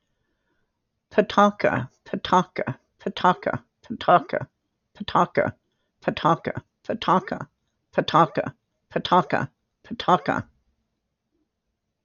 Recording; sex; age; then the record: repeated syllables /pa ta ka/; female; 60 to 69 years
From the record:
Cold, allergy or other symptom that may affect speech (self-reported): no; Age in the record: 65 years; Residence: Washington, United States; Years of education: 12